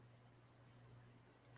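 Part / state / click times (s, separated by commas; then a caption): hoop earring post into its hinged catch / not seated / none. A metal hinged hoop earring is handled as its post is brought toward its hinged catch, over a steady low hum and faint background noise. A small rise in level comes right at the end, around 1.6 s, but nothing has seated or clicked yet.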